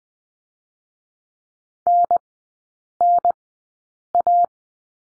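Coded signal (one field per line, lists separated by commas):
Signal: Morse code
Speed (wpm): 20 wpm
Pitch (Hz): 700 Hz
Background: none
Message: NNA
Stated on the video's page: Morse code course lesson drill on letter N, three-character groups, Farnsworth speed 20/10 wpm.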